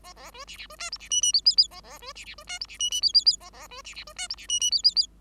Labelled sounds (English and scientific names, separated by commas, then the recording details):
Bengalese Finch (Lonchura striata domestica) song
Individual Bird5